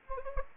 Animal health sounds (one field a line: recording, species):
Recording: mosquito wingbeat signal from an infrared sensor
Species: Anopheles gambiae